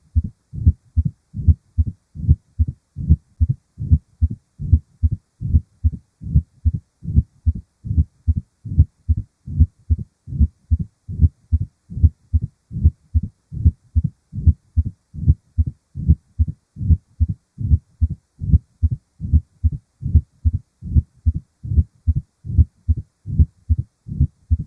Heart Murmurs: Mitral Stenosis. Mitral stenosis: a clicking sound as the valve opens followed by a decrescendo-crescendo diastolic murmur.